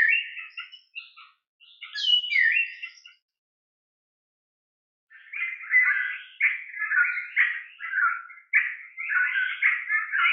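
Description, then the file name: Mayotte drongo making scratchy, nasal calls, then after a silent gap a long series of rough, buzzy notes steadily repeated. "drongo de mayotte"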